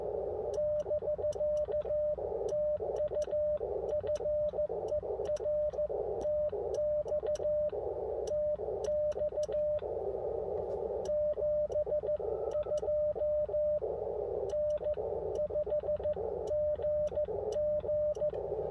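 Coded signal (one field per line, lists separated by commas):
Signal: Morse code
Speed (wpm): 15 wpm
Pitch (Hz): 600 Hz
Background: radio noise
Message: <BK> TU FER TX TX 72 N5GG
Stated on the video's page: Park activation operated from inside a car, using a Chameleon LZ Sloper antenna.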